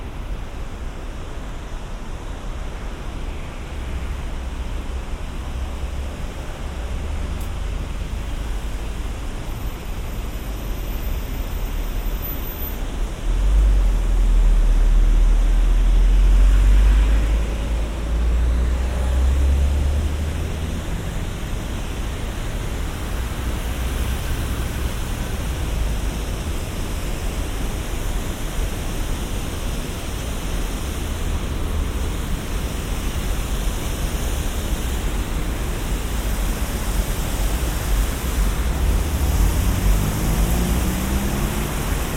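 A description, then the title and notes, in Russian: A steady, dense rush of noise like a noisy river runs without pause, with a deep rumble underneath. The low rumble swells and grows louder from about 13 to 20 seconds, then settles back, and a faint rising whine appears near the end. 3D прогулка по Сочи.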